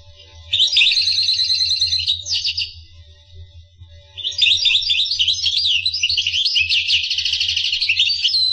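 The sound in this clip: Finch song: a high buzzy trill, a short gap, then a long run of rapid chirps and rattling trills.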